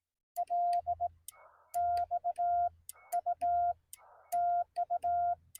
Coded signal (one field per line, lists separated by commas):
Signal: Morse code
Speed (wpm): 20 wpm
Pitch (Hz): 700 Hz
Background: none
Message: LXU TU